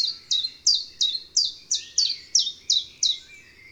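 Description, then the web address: Common chiffchaff song: a brisk run of about ten sharp, downslurred high notes, evenly spaced several per second, over a quiet background. Recorded in March. "Mars Le Pouillot veloce. les 4 saisons des chants doiseaux"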